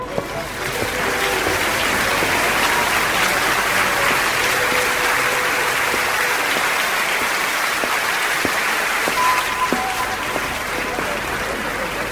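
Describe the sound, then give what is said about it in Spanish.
A crowd applauds the government steadily for about twelve seconds, a dense, even wash of clapping that holds at a constant loudness, with faint voices occasionally rising through it. “Sí, y brindemos un gran aplauso a nuestro gobierno con su actitud frente a esta ofensa.”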